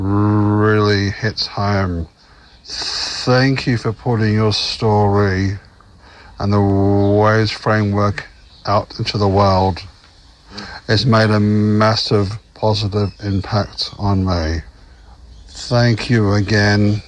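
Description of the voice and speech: An adult man with a low, steady voice reads a short thank-you message slowly. Several sounds are held out, words are stretched mid-phrase, and long silent gaps of about a second break the flow. This fits stuttering in an adult speaker.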